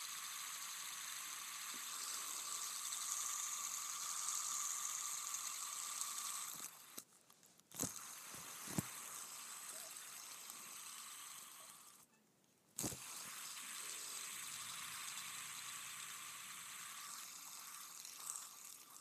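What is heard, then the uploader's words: A fidget spinner whirs with a steady high hiss and hum, cut by brief silences near seven and twelve seconds, with sharp clicks as it restarts. ASMR Spinning a Fidget Spinner.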